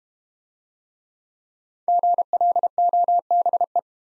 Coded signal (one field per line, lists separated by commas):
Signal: Morse code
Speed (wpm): 32 wpm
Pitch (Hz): 700 Hz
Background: none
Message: GLOBE